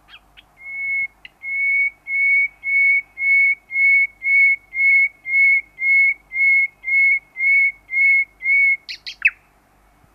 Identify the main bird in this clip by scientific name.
Luscinia megarhynchos